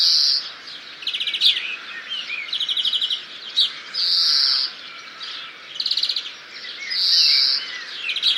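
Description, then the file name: European greenfinch giving drawn-out nasal wheezes, each about half a second, alternating with short chattering trills over a steady hiss of background noise. "Chloris chloris"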